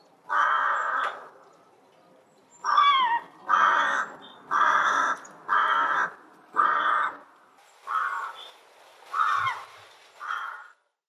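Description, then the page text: Rook cawing: nine hoarse, clipped caws in an uneven series, some rising or breaking roughly, with short silent gaps between them. Rook recorded in Russia. "Голоса птиц России - Грач (Corvus frugilegus)"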